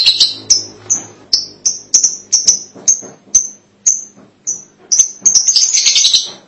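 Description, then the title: Lovebird chirps, high sharp notes repeated in a steady series, ending in a buzzy chattering burst. "BM Suara Burung Lovebird"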